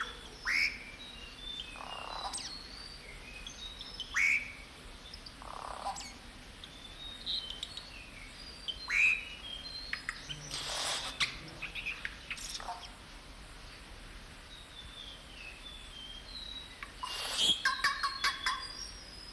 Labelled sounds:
Yellow-rumped Cacique (Cacicus cela)

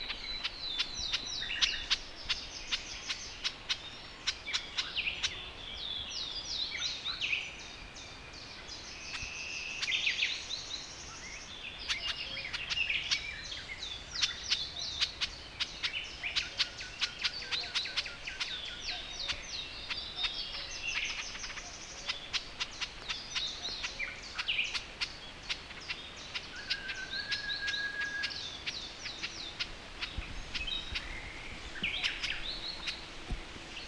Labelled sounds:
Garden Warbler (Sylvia borin) alarm call

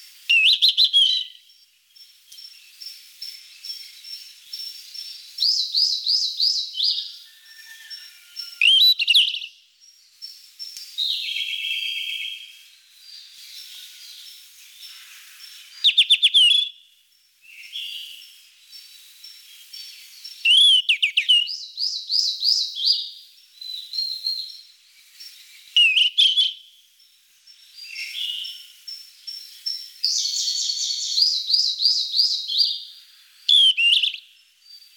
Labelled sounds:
Yellow-rumped Flycatcher (Ficedula zanthopygia) song

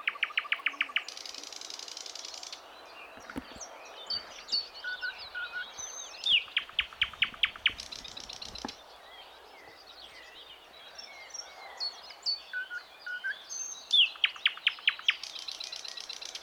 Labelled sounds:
Thrush Nightingale (Luscinia luscinia) song

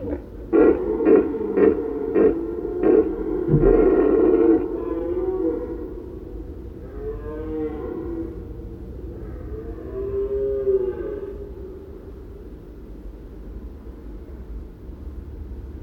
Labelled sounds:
Red Deer (Cervus elaphus) call

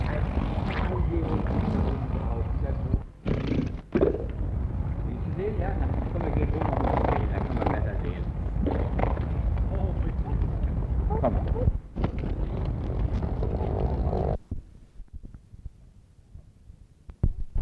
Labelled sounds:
Harbor Seal (Phoca vitulina)

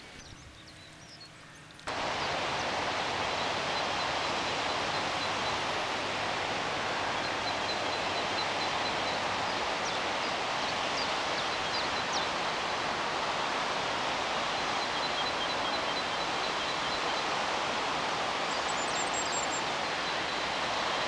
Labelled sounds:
Common Firecrest (Regulus ignicapilla) song

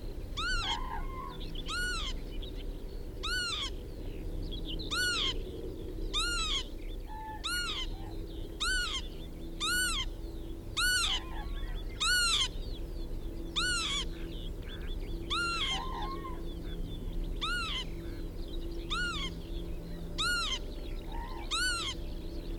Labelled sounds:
Northern Lapwing (Vanellus vanellus) call

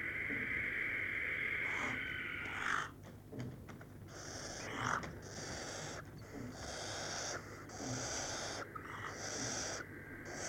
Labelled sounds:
Western Barn Owl (Tyto alba) call

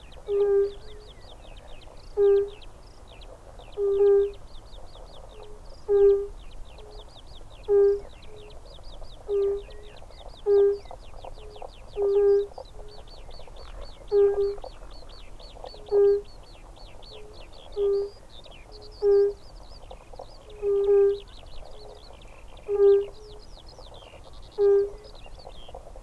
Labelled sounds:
Fire-Bellied Toad (Bombina bombina) call

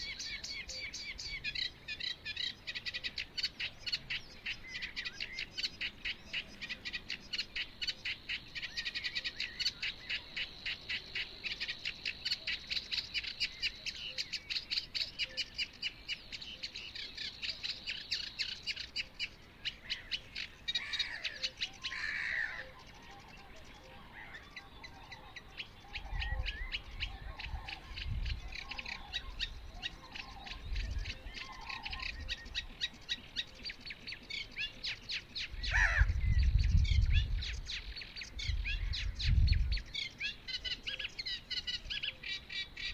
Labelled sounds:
Eurasian Reed Warbler (Acrocephalus scirpaceus) song

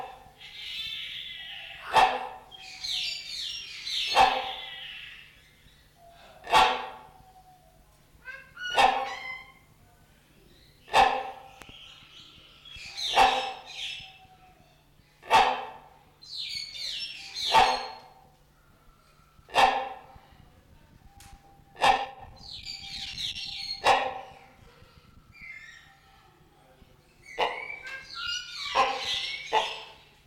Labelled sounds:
Great Hornbill (Buceros bicornis) call

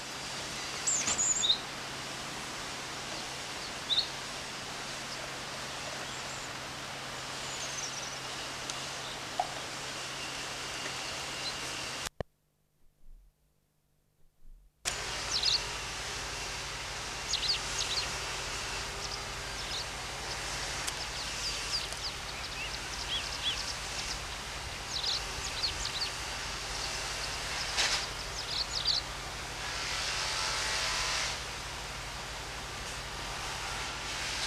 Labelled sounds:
White Wagtail (Motacilla alba) song

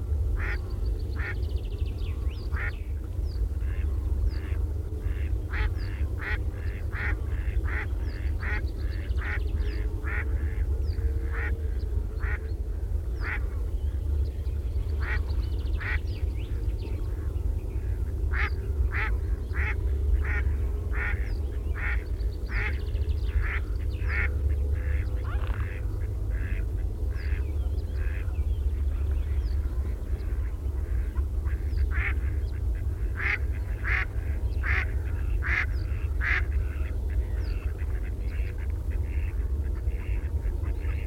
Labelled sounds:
Mallard (Anas platyrhynchos) call

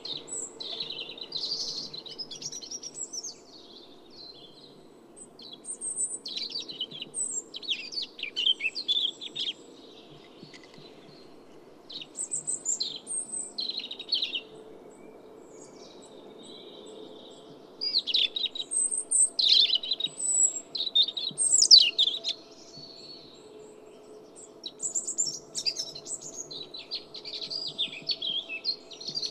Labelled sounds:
European Robin (Erithacus rubecula) song

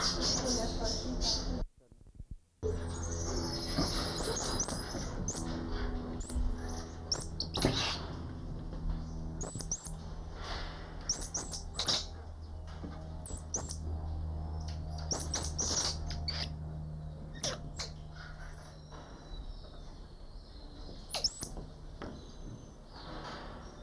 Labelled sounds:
Common Squirrel Monkey (Saimiri sciureus) call

